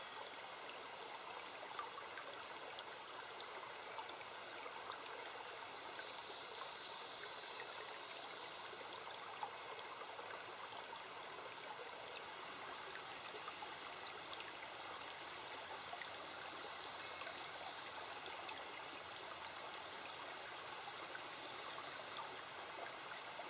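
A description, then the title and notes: A river runs with a steady, dense rush of water, while faint birdsong and soft chirps come and go in the background. Relaxing River Ambiance and Birds Sounds.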